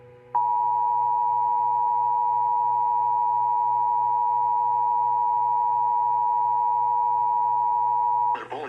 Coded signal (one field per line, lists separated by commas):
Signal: Emergency Alert System (SAME) tones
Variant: 853 and 960 Hz attention tone